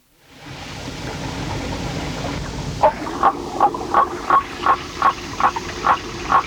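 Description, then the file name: Waterfall frog giving a run of short croaking pulses, nearly three per second, beginning near the three-second mark against steady rushing water. "Litoria nannotis"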